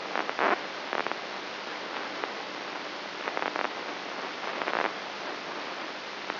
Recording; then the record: brain microelectrode recording played as sound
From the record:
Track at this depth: outside the subthalamic nucleus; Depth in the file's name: 2.138 mm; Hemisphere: left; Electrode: 3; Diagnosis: Parkinson's disease